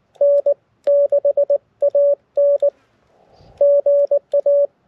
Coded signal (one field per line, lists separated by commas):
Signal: Morse code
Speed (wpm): 19 wpm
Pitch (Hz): 570 Hz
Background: none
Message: N6AN GA